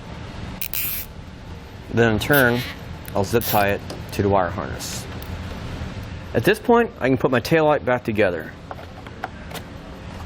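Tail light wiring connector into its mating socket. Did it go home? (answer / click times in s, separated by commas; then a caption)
no / none. Someone talks while handling the tail light wiring connector on a 2019 Ram 1500 that is getting a Roadmaster Diode 7-wire to 6-wire Flexo-Coil wiring kit, and the connector is about to be pushed into its mating socket as the tail light goes back together. Short sharp handling sounds stand out between the speech, and the clip ends before the connector goes home, so nothing has seated or clicked yet.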